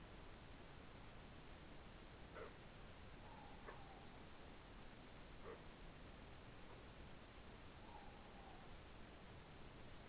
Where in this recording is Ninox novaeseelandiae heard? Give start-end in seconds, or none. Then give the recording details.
3.11-4.05, 7.62-8.59. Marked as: faintness 3/5. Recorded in New Zealand. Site Taranaki